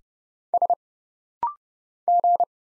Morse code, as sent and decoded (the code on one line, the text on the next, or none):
... / --.
S G